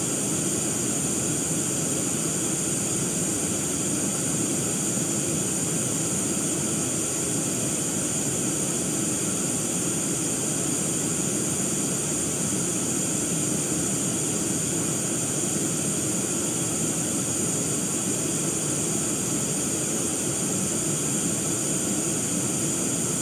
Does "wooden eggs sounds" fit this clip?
no